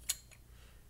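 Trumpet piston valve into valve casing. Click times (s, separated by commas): 0.1 s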